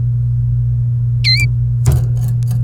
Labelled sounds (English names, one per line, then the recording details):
Domestic Canary song
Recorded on 28 April 2018 at 07:31
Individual llb3